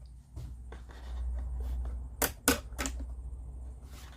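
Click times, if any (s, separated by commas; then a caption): 2.5 s. A plywood part of a wind-up arcade game kit is pressed into its slot in a plywood toy game frame, with the thumbs kept close to the edge so the wood does not split. Soft handling and scraping give way to a few sharp wooden snaps, the strongest at 2.5 s. The part clicks into place and is seated.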